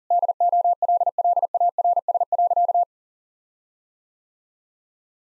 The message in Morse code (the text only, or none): DOLLARS.